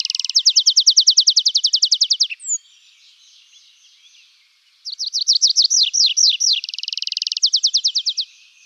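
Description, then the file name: Tree pipit song: a long, rapid series of identical high notes, a pause, then looping downslurred notes speeding into a fast, even trill. "anthus trivialis"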